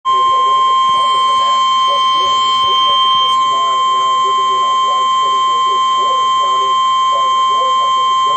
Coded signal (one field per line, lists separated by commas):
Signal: Emergency Alert System (SAME) tones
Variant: 1050 Hz attention tone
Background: speech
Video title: Tornado Warning Noaa Weather Radio Station WXK 91 Topeka KS 4/23/26